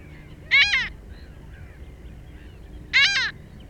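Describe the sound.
Black-headed gull giving two harsh calls about two and a half seconds apart.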